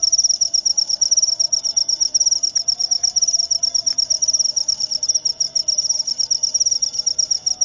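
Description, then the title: Cricket trilling continuously at high pitch with fast pulses, with a few faint clicks. Loud cricket chirping (ngerik), used to make lovebirds sing continuously (ngekek). "Suara JANGKRIK NGERIK Keras Bikin LOVEBIRD Jadi NGEKEK Terus Vubey"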